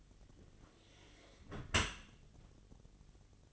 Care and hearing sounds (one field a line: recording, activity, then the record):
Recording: daily activity, microphone in the room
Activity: close dishwasher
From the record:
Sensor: 4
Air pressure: 1007.5 hPa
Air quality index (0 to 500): 199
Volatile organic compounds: 7 ppm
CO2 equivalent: 1988 ppm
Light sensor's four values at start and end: 22/71/27/26 and 23/72/27/26